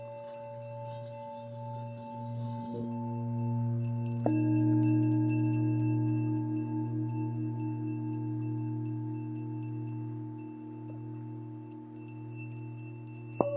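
Tibetan singing bowls ring with a deep, steady hum and several sustained tones that slowly swell and pulse. Fresh strikes land near three and four seconds, brightening the ring, and another comes at the very end, with faint high tinkles scattered throughout.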